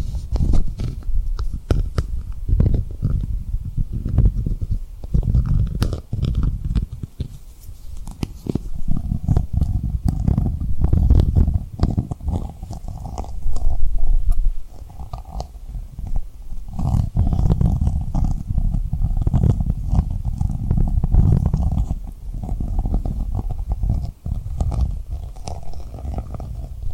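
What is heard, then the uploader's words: Tapping and rubbing on a rhinestone surface, with dense, uneven low rumbling and rustling that runs the whole way through. Quick bright ticks and taps cut in irregularly, heavier around the middle and again past seventeen seconds, over a soft, steady murmur. Tapping & Rubbing Rhinestone Lip Triggers.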